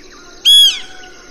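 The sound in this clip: Banded woodpecker call: one loud, strident note of about a third of a second, steady and then dipping slightly at the end, over a quiet hiss.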